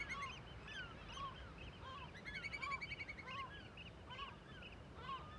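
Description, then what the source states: Gull colony in full cry, many birds overlapping with arched, nasal yelps and a brief buzzy rattle among them. Cliff colony in a huge cirque above Viðarlundin forest, Kunoy, Faroe Islands; gulls and other birds alarmed by the recordist; quadraphonic recording with MixPre-6 II and DPA microphones.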